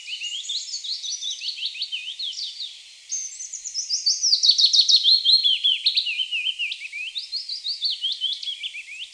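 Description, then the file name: Willow warbler song: sweet, high whistled notes running in soft descending phrases, repeated back to back for about nine seconds, with a brief pause near the three-second mark. "Fitis"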